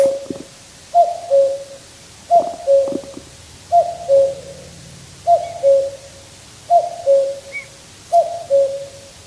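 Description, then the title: Common cuckoo calling a steady falling two-note cu-coo roughly every one and a half seconds, with a few soft thuds early on. Heard on a summer night beside a river in Finland; the call is described as crisp and clear. "来自芬兰一个夏天的夜晚，布谷鸟在河边清脆的叫声"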